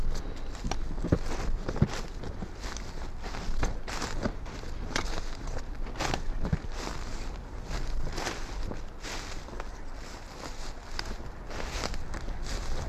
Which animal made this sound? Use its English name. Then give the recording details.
Arctic Fox. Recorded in the wild. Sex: female. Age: adult. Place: Insel Mednyi, Kommandeur-Inseln, RU. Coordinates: 54.5167, 168.083. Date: 1999-06-26 17:32. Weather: 8°C, kein Nebel, leichter Westwind. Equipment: Sony WM-D6C, Sennheiser ME 80, Windkorb, Kopie Sony TCD-D8. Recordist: Jakupi, Antje